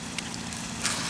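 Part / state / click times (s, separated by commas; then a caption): door mirror glass into side mirror actuator housing / not seated / none. A new heated door mirror glass with its plastic backing plate is pressed by hand onto the mirror actuator mount of a 2013 Mazda6 side mirror housing, working across the glass. Low, steady handling rumble sits under brief faint scrapes and rustles near 0.2 s and 0.85 s. Nothing has seated or clicked yet; the clip ends before the glass snaps home.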